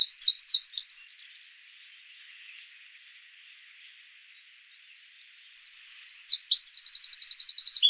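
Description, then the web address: Eurasian wren singing a quick burst of high chirps, a few seconds of quiet, then another rapid phrase ending in a dry rattling trill. "troglodytes troglodytes call"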